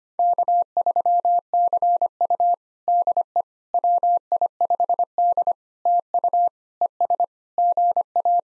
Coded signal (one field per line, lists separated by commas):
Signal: Morse code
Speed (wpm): 25 wpm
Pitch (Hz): 700 Hz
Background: none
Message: K3CU DE WI5D TU ES GA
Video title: POTA QSO Practice - 25wpm